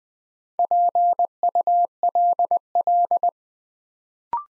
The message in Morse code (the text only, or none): PULL